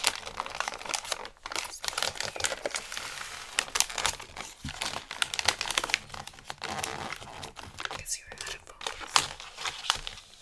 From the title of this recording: Xmas Gift Wrapping Intense Crinkle, Tape, Scissors Sounds